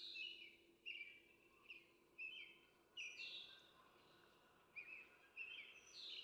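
Red-bellied woodpecker calls: short harsh notes with higher overtones, repeated at short, irregular intervals over a steady background hiss.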